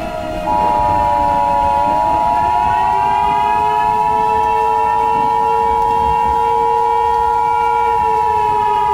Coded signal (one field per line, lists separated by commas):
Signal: Emergency Alert System (SAME) tones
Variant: 853 and 960 Hz attention tone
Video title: KC Presents - EAS Scenario #7: Three Mile Island - An Alternate Finale